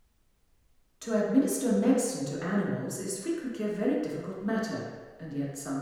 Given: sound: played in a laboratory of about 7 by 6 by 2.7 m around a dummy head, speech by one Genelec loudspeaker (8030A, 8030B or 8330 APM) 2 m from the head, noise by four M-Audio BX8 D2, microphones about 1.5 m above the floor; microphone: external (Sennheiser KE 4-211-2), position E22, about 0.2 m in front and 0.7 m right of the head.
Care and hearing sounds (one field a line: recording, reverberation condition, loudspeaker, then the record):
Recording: female speech in English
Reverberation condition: high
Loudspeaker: behind (180 degrees)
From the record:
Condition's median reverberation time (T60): about 1300 ms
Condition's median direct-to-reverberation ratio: about -4.0 dB